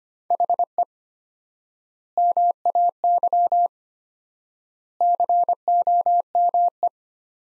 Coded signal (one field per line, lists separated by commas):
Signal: Morse code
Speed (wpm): 25 wpm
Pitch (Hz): 700 Hz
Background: none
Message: HE MAY COME